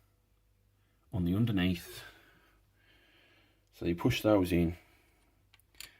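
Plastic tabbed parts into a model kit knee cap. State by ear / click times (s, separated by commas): seated / 5.5 s, 5.6 s, 5.8 s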